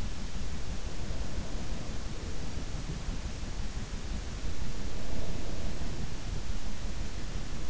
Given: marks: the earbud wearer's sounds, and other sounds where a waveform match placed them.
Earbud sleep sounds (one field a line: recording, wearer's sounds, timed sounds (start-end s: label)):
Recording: sounds in sleep by an in-ear microphone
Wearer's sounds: breath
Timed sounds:
0.60-3.19 s: breath
3.93-6.63 s: breath